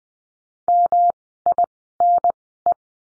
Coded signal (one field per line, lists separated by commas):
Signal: Morse code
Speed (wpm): 20 wpm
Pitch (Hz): 700 Hz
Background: none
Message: MINE